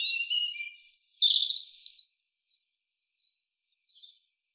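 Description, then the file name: European robin song phrase: high sweet whistles sliding into a dense, rapid twitter, then a few soft, thin notes trailing off into silence. "Erithacus rubecula"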